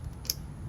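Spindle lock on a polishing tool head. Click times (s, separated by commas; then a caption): 0.3 s. The head of a polishing tool is twisted until its spindle lock engages so the pad or attachment can be loosened. A single sharp, bright click sounds at 0.3 s over a faint low background hum, and the spindle lock is seated.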